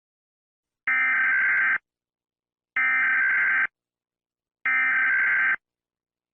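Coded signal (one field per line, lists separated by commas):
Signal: Emergency Alert System (SAME) tones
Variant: header bursts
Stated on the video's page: Fictional EAS scenario tones.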